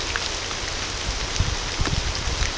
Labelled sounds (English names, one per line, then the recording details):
none
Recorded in pastures near Puerto Asís, Putumayo, Colombia, on 18 December 2024 at 23:00
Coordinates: 0.497, -76.327
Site G088